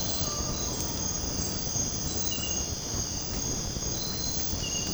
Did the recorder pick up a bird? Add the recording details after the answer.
no. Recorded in dense forest near Puerto Asís, Putumayo, Colombia, on 18 February 2024 at 06:00. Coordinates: 0.503, -76.322. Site G6418